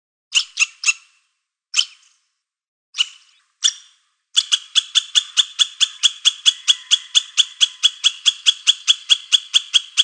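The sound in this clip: Squirrel giving scattered harsh notes, then a steady run of rapid raspy chatter to the end.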